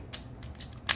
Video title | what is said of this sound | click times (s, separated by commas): Edoggz Reviews: Tobot Galaxy Detective TANKMAN and INVICINCIBLE (TANKGUY) | so you just bring it back on the railing and it's going to click into place | 0.9 s